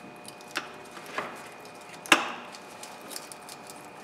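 A D-type harness connector, the second of two, is pushed onto the alternator of a 2006–2012 Ford F350 and snaps into place with a sharp click at 2.1 s. Smaller knocks come before it at about 0.6 s and 1.2 s, with a faint one near 3.2 s, over a steady low hum. The connector is confirmed seated.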